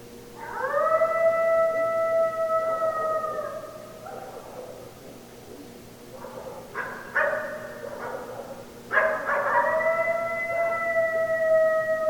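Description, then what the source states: Coyote giving long, steady, rising howls with strong harmonics, broken by a cluster of sharp yips and barks before another sustained howl. Several coyotes recorded on 16 December 2012.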